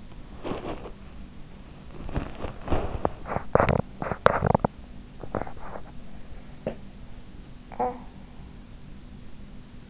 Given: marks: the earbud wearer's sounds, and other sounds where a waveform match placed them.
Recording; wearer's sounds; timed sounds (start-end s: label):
sounds in sleep by an in-ear microphone; teeth grinding, talking in sleep
0.00-6.89 s: teeth grinding
7.54-8.34 s: talking in sleep